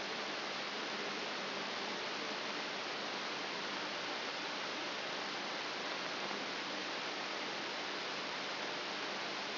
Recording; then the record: brain microelectrode recording played as sound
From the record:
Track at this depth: inside the subthalamic nucleus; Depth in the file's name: 0.506 mm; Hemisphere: left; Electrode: 3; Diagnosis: Parkinson's disease